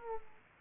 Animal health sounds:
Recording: mosquito wingbeat signal from an infrared sensor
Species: Aedes aegypti

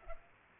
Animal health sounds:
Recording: mosquito wingbeat signal from an infrared sensor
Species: Culex pipiens

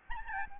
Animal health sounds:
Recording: mosquito wingbeat signal from an infrared sensor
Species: Aedes albopictus

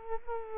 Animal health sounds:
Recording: mosquito wingbeat signal from an infrared sensor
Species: Culex quinquefasciatus

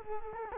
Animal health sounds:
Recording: mosquito wingbeat signal from an infrared sensor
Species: Culex quinquefasciatus

